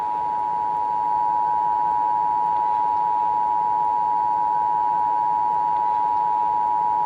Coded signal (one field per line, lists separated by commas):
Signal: Emergency Alert System (SAME) tones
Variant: 853 and 960 Hz attention tone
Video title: Regularly scheduled programs will continue shortly after this EAS message: